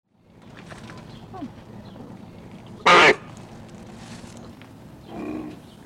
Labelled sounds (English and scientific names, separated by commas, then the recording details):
Bactrian Camel (Camelus bactrianus)
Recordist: Tembrock, Günter
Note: Jugtier: Erregungslaute beim Fressen